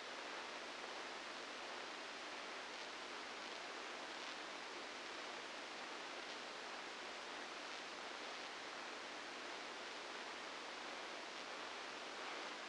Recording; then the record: brain microelectrode recording played as sound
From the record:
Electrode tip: outside the subthalamic nucleus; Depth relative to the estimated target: 0 mm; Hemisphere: left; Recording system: NeuroSet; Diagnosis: Parkinson's disease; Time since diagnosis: 9 years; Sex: female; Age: 51 years